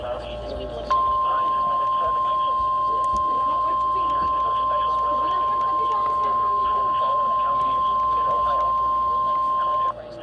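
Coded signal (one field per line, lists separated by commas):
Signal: Emergency Alert System (SAME) tones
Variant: 1050 Hz attention tone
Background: speech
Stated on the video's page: NOAA Weather Radio severe thunderstorm warnings from two weather service offices.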